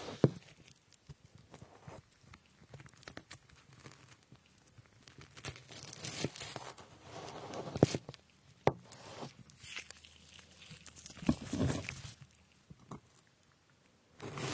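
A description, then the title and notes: Fruit and strawberries are sliced with a knife in irregular cuts, each stroke a short sharp tap or soft squelch, bunched around the middle and near the end. Quiet handling noises, brief rustles and a low steady hum fill the gaps. Slicing fruit and strawberries.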